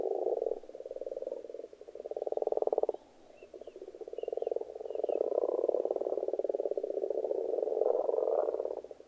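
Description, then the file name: Frogs croaking in a dense chorus, rapid pulsed trills rising and falling in long bursts, with faint high chirps near the middle. Frogs in a pond. "benboncan frogs-in-a-pond"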